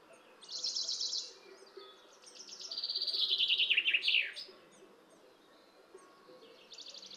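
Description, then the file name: Common chaffinch song: a high trill, then a loud descending run of notes ending in a quick downward flourish, with steady background hiss. "Fringilla coelebs"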